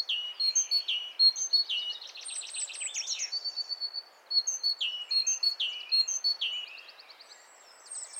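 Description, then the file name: Great tit calling: rapid high chirps, descending slurs and a fast rattling stretch, with many notes overlapping, quieter near the end. "Parus major"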